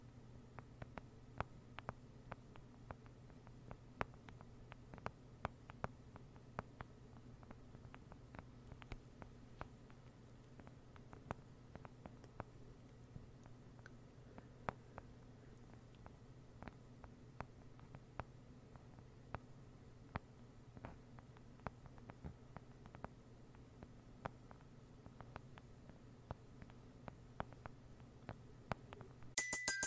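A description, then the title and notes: Slow, rain-like tapping: light, sharp ticks fall at irregular intervals, a few per second, some louder than others. A steady low hum runs underneath the whole time. In the final second a brief cluster of louder clicks cuts in. ASMR NO TALKING slow rain-like Tapping.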